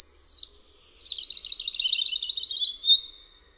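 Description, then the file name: European robin song opening with sharp high notes and a clear whistle, then a fast rattling trill that slowly falls and fades away at the end. "RUDZIK"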